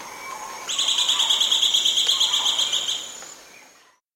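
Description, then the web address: Chestnut-belted gnateater giving a fast, steady series of high, sharp pulsed notes for about two and a half seconds, then fading out. South America. "Natures Songs S America Chestnut-Belted Gnateater"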